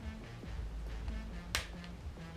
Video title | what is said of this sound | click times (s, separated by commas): Installing The Mustang Ford Performance GT500 Style Cam Covers In My 5.0 (M-6067-M52S) | snaps right into place and Bam | 1.6 s